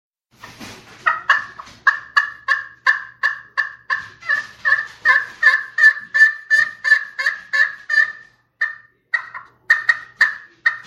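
Turkey giving a long series of throaty notes, roughly three a second, after a soft lead-in, with a few short pauses near the end.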